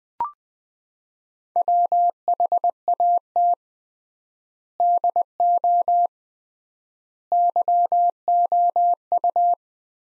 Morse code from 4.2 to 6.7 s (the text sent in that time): DO